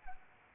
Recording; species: mosquito wingbeat signal from an infrared sensor; Anopheles arabiensis